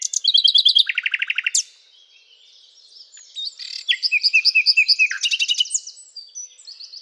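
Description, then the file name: Common nightingale song: rapid rattling trills of repeated notes, a sharp rising whip, then a long run of evenly pulsed notes and another fast trill. "Luscinia megarhynchos"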